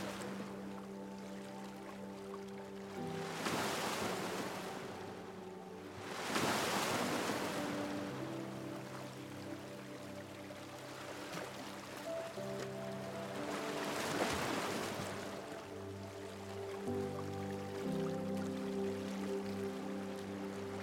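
Gentle waves wash in under soft, sustained music. The surf swells in broad, hissing rushes around 3, 7 and 14 seconds and eases back between them, while low, held chords shift slowly underneath, changing only every few seconds.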